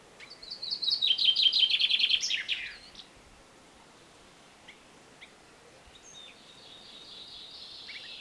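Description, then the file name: Common chaffinch song: a loud, fast run of repeated high notes closing with a falling flourish, then a few faint chips and a quieter song. "Fringilla coelebs"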